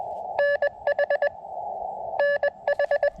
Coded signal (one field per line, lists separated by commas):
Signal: Morse code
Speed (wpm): 22 wpm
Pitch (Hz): 580 Hz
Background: none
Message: NH NH